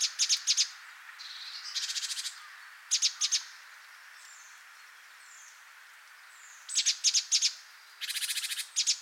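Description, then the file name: Great tit churring calls: dry, rattling buzzy bursts and fast triplets of hard clicking notes, coming in bouts, with soft descending whistled notes during a quieter middle stretch. "Parus major"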